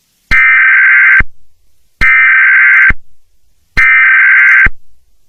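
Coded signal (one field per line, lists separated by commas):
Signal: Emergency Alert System (SAME) tones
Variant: header bursts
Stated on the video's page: Fictional analog horror EAS scenario, made with software.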